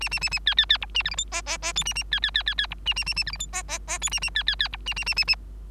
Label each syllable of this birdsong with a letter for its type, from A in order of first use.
A A A A B B B C A D E F G G G H A A B B B B B C A A A A D E F G G G H A A B B B C A A A A A